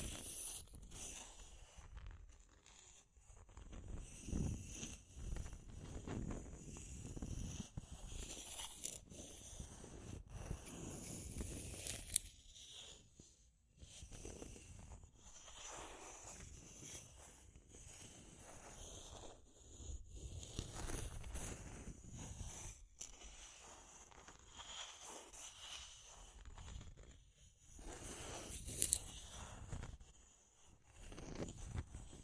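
Deep scratching, dense and continuous, with rough bursts of low rumble and gritty high texture that swell and fade every second or two. Brief near-silent gaps break the run around 3, 9, 13 and 23 seconds, and a few sharp clicks stand out.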